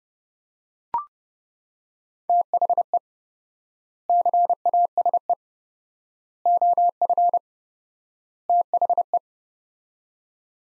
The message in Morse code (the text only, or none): THE CASE OF THE